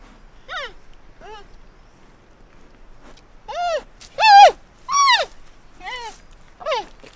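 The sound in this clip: Panda bleats: two soft, brief calls, a pause, then five louder arched harmonic calls, quieter again toward the end.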